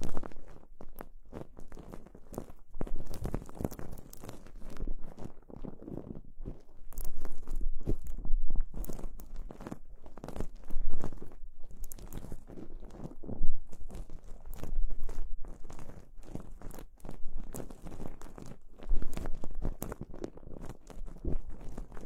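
Ear cleaning: a dense, continuous stream of dry scratching and crackling with frequent sharp clicks. The rubbing comes in uneven bursts, swelling louder around the middle and near the end, with a low muffled rumble underneath.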